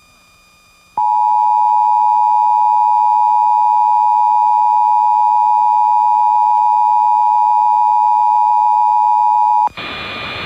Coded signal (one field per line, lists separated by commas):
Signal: Emergency Alert System (SAME) tones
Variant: 853 and 960 Hz attention tone